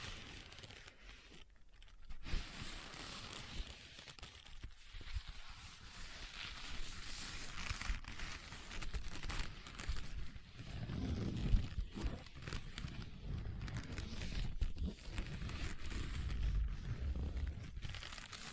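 Leather being tapped and scratched in uneven, irregular bursts, with a duller, fuller rubbing stretch around the middle and a sharp knock near eleven seconds.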